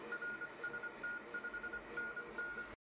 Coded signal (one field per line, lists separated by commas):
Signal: Morse code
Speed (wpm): 24 wpm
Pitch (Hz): 1430 Hz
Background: none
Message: RST 5NN